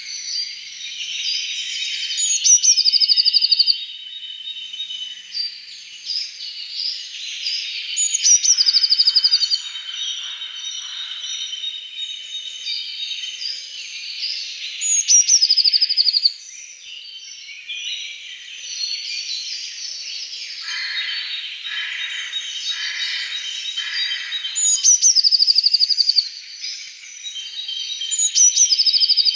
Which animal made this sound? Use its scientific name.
Cyanistes caeruleus